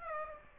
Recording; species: mosquito wingbeat signal from an infrared sensor; Aedes aegypti